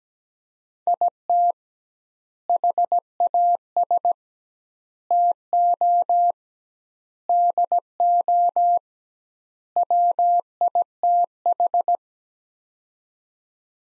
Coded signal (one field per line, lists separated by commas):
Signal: Morse code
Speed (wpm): 17 wpm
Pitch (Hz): 700 Hz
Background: none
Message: IT HAS TO DO WITH